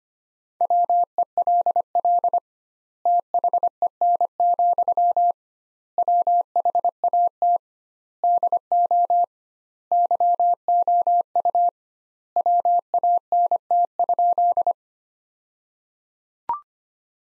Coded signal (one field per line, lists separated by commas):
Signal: Morse code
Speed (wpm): 25 wpm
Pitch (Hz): 700 Hz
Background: none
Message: WELL THEN, WHAT DO YOU WANT?